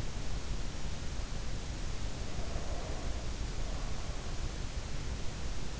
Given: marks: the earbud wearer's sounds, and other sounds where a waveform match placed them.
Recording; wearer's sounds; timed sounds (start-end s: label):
sounds in sleep by an in-ear microphone; breath
1.88-4.94 s: breath